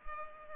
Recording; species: mosquito wingbeat signal from an infrared sensor; Culex pipiens